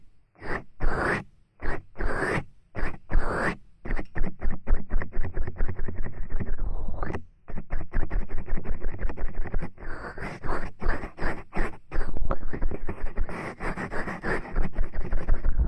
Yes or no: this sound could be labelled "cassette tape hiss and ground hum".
no